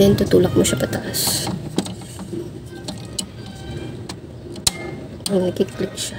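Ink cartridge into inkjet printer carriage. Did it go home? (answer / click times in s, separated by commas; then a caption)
yes / 4.7 s. An ink cartridge is pushed upward into the carriage of an HP DeskJet 2875 inkjet printer while someone talks over music, with a few faint ticks along the way. A sharp click at 4.7 s marks the cartridge locking firmly into place, confirming it is seated.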